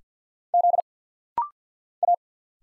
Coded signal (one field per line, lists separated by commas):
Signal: Morse code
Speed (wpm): 50 wpm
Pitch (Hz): 700 Hz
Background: none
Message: Z A